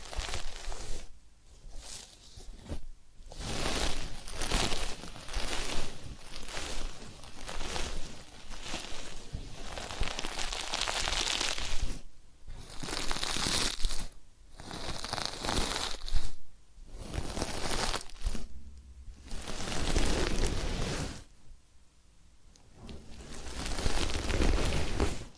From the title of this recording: Massage, Ear Cleaning and Spa